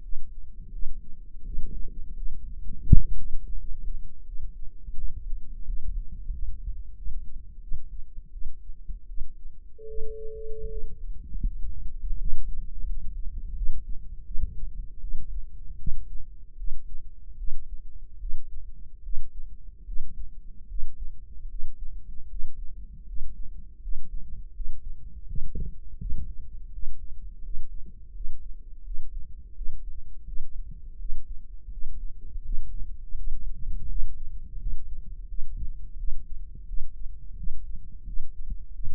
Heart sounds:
heart sounds by microphone in the right ear; 82 bpm
0.70 s: heartbeat
1.42 s: heartbeat
2.14 s: heartbeat
2.86 s: heartbeat
3.56 s: heartbeat
4.23 s: heartbeat
4.93 s: heartbeat
5.64 s: heartbeat
6.30 s: heartbeat
6.94 s: heartbeat
7.59 s: heartbeat
8.30 s: heartbeat
9.05 s: heartbeat
9.86 s: heartbeat
10.66 s: heartbeat
11.43 s: heartbeat
12.17 s: heartbeat
12.85 s: heartbeat
13.53 s: heartbeat
14.24 s: heartbeat
14.99 s: heartbeat
15.77 s: heartbeat
16.56 s: heartbeat
17.36 s: heartbeat
18.18 s: heartbeat
19.02 s: heartbeat
19.84 s: heartbeat
20.67 s: heartbeat
21.47 s: heartbeat
22.27 s: heartbeat
23.05 s: heartbeat
23.80 s: heartbeat
24.52 s: heartbeat
25.25 s: heartbeat
25.97 s: heartbeat
26.70 s: heartbeat
27.41 s: heartbeat
28.12 s: heartbeat
28.83 s: heartbeat
29.53 s: heartbeat
30.24 s: heartbeat
30.97 s: heartbeat
31.69 s: heartbeat
32.41 s: heartbeat
33.15 s: heartbeat
33.86 s: heartbeat
34.57 s: heartbeat
35.26 s: heartbeat
35.95 s: heartbeat
36.65 s: heartbeat
37.35 s: heartbeat
38.04 s: heartbeat
38.71 s: heartbeat
From the record:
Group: healthy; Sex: female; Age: 19 years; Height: 163 cm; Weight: 51 kg

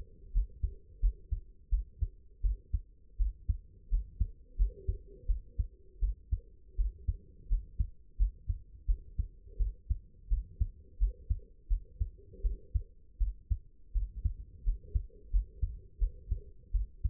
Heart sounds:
heart sounds by stethoscope; 84 bpm
0.33 s: heartbeat
1.01 s: heartbeat
1.70 s: heartbeat
2.42 s: heartbeat
3.18 s: heartbeat
3.90 s: heartbeat
4.57 s: heartbeat
5.27 s: heartbeat
6.00 s: heartbeat
6.77 s: heartbeat
7.49 s: heartbeat
8.18 s: heartbeat
8.87 s: heartbeat
9.58 s: heartbeat
10.29 s: heartbeat
10.99 s: heartbeat
11.69 s: heartbeat
12.42 s: heartbeat
13.19 s: heartbeat
13.93 s: heartbeat
14.64 s: heartbeat
15.31 s: heartbeat
15.99 s: heartbeat
16.72 s: heartbeat
From the record:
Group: healthy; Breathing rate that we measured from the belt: 17 breaths a minute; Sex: female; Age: 22 years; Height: 161 cm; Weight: 65.5 kg

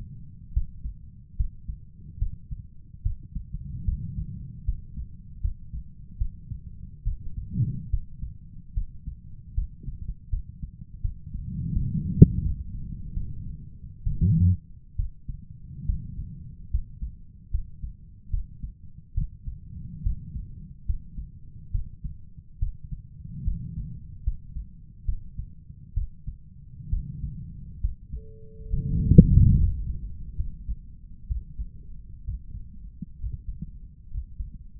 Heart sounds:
heart sounds by stethoscope; 71 bpm
0.53 s: heartbeat
1.36 s: heartbeat
2.18 s: heartbeat
3.02 s: heartbeat
3.84 s: heartbeat
4.64 s: heartbeat
5.41 s: heartbeat
6.17 s: heartbeat
7.03 s: heartbeat
7.90 s: heartbeat
8.73 s: heartbeat
9.54 s: heartbeat
10.29 s: heartbeat
11.01 s: heartbeat
11.73 s: heartbeat
12.42 s: heartbeat
13.13 s: heartbeat
14.03 s: heartbeat
14.96 s: heartbeat
15.85 s: heartbeat
16.70 s: heartbeat
17.50 s: heartbeat
18.30 s: heartbeat
19.14 s: heartbeat
20.02 s: heartbeat
20.85 s: heartbeat
21.71 s: heartbeat
22.59 s: heartbeat
23.43 s: heartbeat
24.23 s: heartbeat
25.05 s: heartbeat
25.93 s: heartbeat
26.89 s: heartbeat
27.80 s: heartbeat
28.69 s: heartbeat
29.54 s: heartbeat
30.35 s: heartbeat
31.27 s: heartbeat
32.23 s: heartbeat
33.18 s: heartbeat
34.10 s: heartbeat
From the record:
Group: healthy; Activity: rest 0-31 s, Valsalva maneuver 31-35 s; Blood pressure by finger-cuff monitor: 109/67 mmHg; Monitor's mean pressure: 83 mmHg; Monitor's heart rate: 71 bpm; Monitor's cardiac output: 5.9 L/min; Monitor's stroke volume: 80 mL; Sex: male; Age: 35 years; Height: 178 cm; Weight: 64 kg

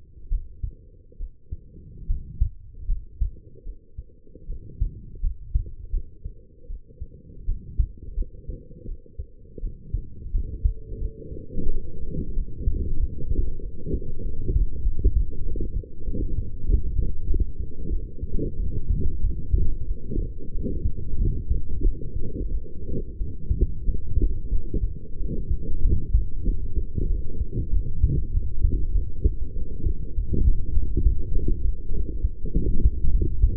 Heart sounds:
heart sounds by stethoscope; 90 bpm
0.29 s: heartbeat
1.17 s: heartbeat
2.07 s: heartbeat
2.86 s: heartbeat
3.63 s: heartbeat
4.46 s: heartbeat
5.21 s: heartbeat
5.91 s: heartbeat
6.67 s: heartbeat
7.45 s: heartbeat
8.15 s: heartbeat
8.85 s: heartbeat
9.60 s: heartbeat
10.31 s: heartbeat
10.99 s: heartbeat
11.69 s: heartbeat
12.35 s: heartbeat
12.98 s: heartbeat
13.60 s: heartbeat
14.23 s: heartbeat
14.83 s: heartbeat
15.43 s: heartbeat
16.05 s: heartbeat
16.66 s: heartbeat
17.27 s: heartbeat
17.90 s: heartbeat
18.57 s: heartbeat
19.21 s: heartbeat
19.85 s: heartbeat
20.52 s: heartbeat
21.18 s: heartbeat
21.83 s: heartbeat
22.49 s: heartbeat
23.18 s: heartbeat
23.84 s: heartbeat
24.50 s: heartbeat
25.17 s: heartbeat
25.82 s: heartbeat
26.45 s: heartbeat
27.07 s: heartbeat
27.71 s: heartbeat
28.32 s: heartbeat
28.93 s: heartbeat
29.54 s: heartbeat
30.15 s: heartbeat
30.75 s: heartbeat
31.33 s: heartbeat
31.92 s: heartbeat
32.53 s: heartbeat
33.12 s: heartbeat
From the record:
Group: healthy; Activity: rest 0-9 s, light exercise 9-34 s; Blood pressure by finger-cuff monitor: 115/83 mmHg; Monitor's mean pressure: 92 mmHg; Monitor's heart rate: 91 bpm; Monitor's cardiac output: 6.4 L/min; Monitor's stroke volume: 70 mL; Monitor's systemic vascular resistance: 1090 dyn s/cm5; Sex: female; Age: 23 years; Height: 160 cm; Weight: 50.4 kg

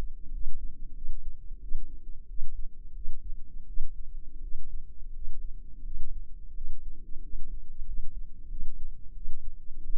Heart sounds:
heart sounds by microphone in the left ear; 88 bpm
0.31 s: heartbeat
0.93 s: heartbeat
1.59 s: heartbeat
2.27 s: heartbeat
2.93 s: heartbeat
3.65 s: heartbeat
4.41 s: heartbeat
5.12 s: heartbeat
5.82 s: heartbeat
6.53 s: heartbeat
7.20 s: heartbeat
7.84 s: heartbeat
8.48 s: heartbeat
9.13 s: heartbeat
9.81 s: heartbeat
From the record:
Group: healthy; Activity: rest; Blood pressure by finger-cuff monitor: 117/66 mmHg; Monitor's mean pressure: 86 mmHg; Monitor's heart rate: 91 bpm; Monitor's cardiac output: 7.9 L/min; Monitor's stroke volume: 89 mL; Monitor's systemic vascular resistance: 780 dyn s/cm5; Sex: female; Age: 24 years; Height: 163 cm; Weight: 55.7 kg

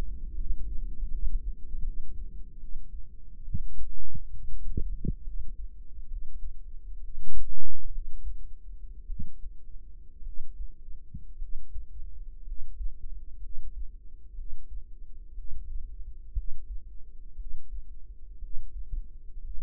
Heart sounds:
heart sounds by microphone in the right ear; 63 bpm
0.33 s: heartbeat
1.08 s: heartbeat
1.81 s: heartbeat
2.56 s: heartbeat
3.41 s: heartbeat
4.28 s: heartbeat
5.22 s: heartbeat
6.05 s: heartbeat
6.98 s: heartbeat
7.88 s: heartbeat
9.04 s: heartbeat
10.21 s: heartbeat
11.36 s: heartbeat
12.41 s: heartbeat
13.38 s: heartbeat
14.33 s: heartbeat
15.32 s: heartbeat
16.32 s: heartbeat
17.34 s: heartbeat
18.37 s: heartbeat
19.39 s: heartbeat
From the record:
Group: healthy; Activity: rest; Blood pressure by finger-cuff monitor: 122/80 mmHg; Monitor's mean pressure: 93 mmHg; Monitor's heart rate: 62 bpm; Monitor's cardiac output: 5.1 L/min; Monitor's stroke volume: 82 mL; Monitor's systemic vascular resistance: 1350 dyn s/cm5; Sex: female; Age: 22 years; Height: 171 cm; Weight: 65.6 kg

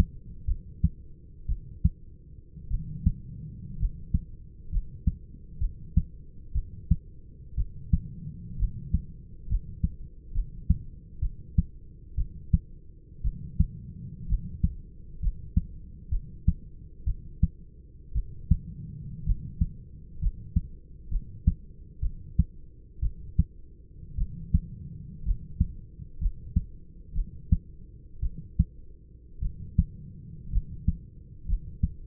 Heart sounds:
heart sounds by stethoscope; 60 bpm
0.46 s: heartbeat
1.47 s: heartbeat
2.69 s: heartbeat
3.78 s: heartbeat
4.70 s: heartbeat
5.59 s: heartbeat
6.53 s: heartbeat
7.56 s: heartbeat
8.58 s: heartbeat
9.48 s: heartbeat
10.33 s: heartbeat
11.20 s: heartbeat
12.16 s: heartbeat
13.23 s: heartbeat
14.28 s: heartbeat
15.21 s: heartbeat
16.10 s: heartbeat
17.05 s: heartbeat
18.13 s: heartbeat
19.25 s: heartbeat
20.20 s: heartbeat
21.09 s: heartbeat
22.01 s: heartbeat
23.01 s: heartbeat
24.16 s: heartbeat
25.24 s: heartbeat
26.19 s: heartbeat
27.14 s: heartbeat
28.21 s: heartbeat
29.40 s: heartbeat
30.51 s: heartbeat
31.46 s: heartbeat
From the record:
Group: healthy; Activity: rest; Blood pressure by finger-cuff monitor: 143/63 mmHg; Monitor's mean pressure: 85 mmHg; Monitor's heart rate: 63 bpm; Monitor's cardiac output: 6.6 L/min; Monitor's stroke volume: 107 mL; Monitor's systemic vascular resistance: 930 dyn s/cm5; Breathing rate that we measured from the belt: 11 breaths a minute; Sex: male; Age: 25 years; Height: 170 cm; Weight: 70.4 kg

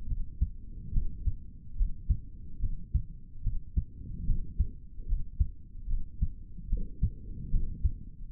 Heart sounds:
heart sounds by stethoscope; 73 bpm
0.06 s: heartbeat
0.92 s: heartbeat
1.76 s: heartbeat
2.59 s: heartbeat
3.42 s: heartbeat
4.25 s: heartbeat
5.06 s: heartbeat
5.87 s: heartbeat
6.68 s: heartbeat
7.50 s: heartbeat
8.30 s: heartbeat
From the record:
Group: healthy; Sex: male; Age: 55 years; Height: 167 cm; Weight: 57.2 kg

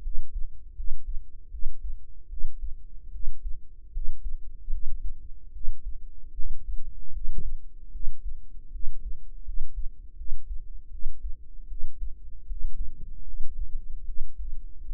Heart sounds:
heart sounds by microphone in the right ear; 77 bpm
0.01 s: heartbeat
0.74 s: heartbeat
1.49 s: heartbeat
2.27 s: heartbeat
3.10 s: heartbeat
3.91 s: heartbeat
4.69 s: heartbeat
5.51 s: heartbeat
6.33 s: heartbeat
7.11 s: heartbeat
7.90 s: heartbeat
8.70 s: heartbeat
9.43 s: heartbeat
10.15 s: heartbeat
10.89 s: heartbeat
11.67 s: heartbeat
12.45 s: heartbeat
13.23 s: heartbeat
14.04 s: heartbeat
14.85 s: heartbeat
From the record:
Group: healthy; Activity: rest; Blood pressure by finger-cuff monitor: 92/53 mmHg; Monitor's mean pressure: 65 mmHg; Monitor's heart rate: 77 bpm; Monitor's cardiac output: 7 L/min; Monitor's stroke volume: 91 mL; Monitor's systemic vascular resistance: 650 dyn s/cm5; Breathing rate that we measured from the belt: 21 breaths a minute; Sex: female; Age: 19 years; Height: 163 cm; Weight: 48.9 kg

